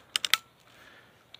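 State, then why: Seated. The cocking lever of a metal lever-action Red Ryder BB rifle is wound back once, giving a quick series of sharp ratchet clicks. The last click, at 0.3 s, is the mechanism locking in its final cocked position, followed by a faint tick near the end.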